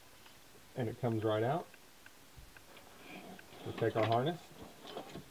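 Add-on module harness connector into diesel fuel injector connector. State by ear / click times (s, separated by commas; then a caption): not seated / none. Someone talks while handling an Ag Diesel Solutions 12251 add-on module harness plug before it goes onto the rear fuel injector connector of a 2013–2019 6.7L Cummins diesel in an RV, with a few faint ticks of handling between the speech. Nothing has seated or clicked yet.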